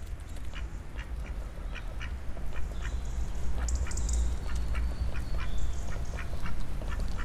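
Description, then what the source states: Duck quacking in a loose repeated series of short nasal calls, with small birds chirping high above. Two ducks living in Parque do Mandanelho, Oliveira do Hospital.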